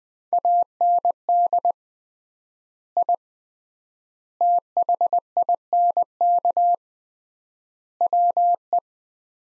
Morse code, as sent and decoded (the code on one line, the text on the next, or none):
.- -. -.. / .. / - .... .. -. -.- / .-- .
AND I THINK WE